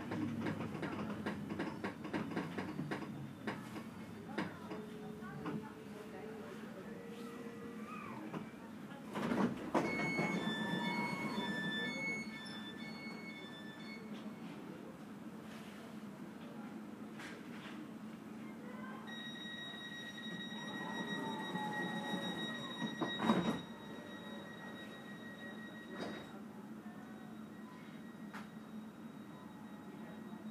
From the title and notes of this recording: Relaxing Circuit on Berlin's Ringbahn. Authentic audio recording of this unique S-Bahn trip.